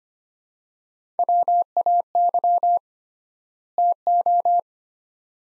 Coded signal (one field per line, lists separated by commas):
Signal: Morse code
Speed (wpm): 25 wpm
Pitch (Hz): 700 Hz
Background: none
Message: WAY TO